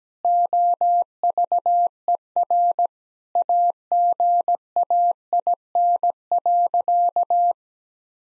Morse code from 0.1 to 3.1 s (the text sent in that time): OVER